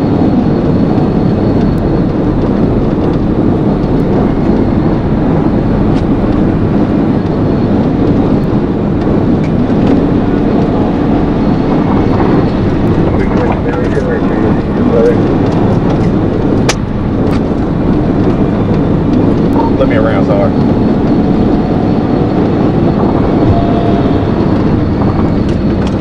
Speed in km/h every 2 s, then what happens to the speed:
171, 169, 166, 167, 169, 174, 161, 166, 164, 166, 179, 184, 177.
0-17 steady at about 167. 17-21 speeds up to 184.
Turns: none.